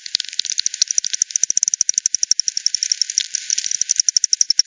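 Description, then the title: Bat echolocation heard as an even train of crisp ticks, roughly ten per second, steady and regular with a light hiss behind. Multiple bats at Hogsmill River by Hogsmill Lane, 7 October 2020 at 18:10; frequency-division bat detector recording (FD10), band-pass filtered and resampled. "WW bat 20201007 T 18 : 10 Z-Hogsmill-Lane-Hogsmill-River-multiple-bats"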